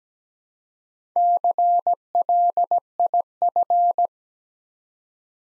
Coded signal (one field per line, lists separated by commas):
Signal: Morse code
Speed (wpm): 17 wpm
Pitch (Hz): 700 Hz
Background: none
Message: CLIF